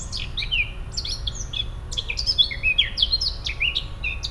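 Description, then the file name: Eurasian blackcap chirping, a fast jumble of high twittering and sliding notes running without pause over a steady low rumble. "Sylvia atricapilla"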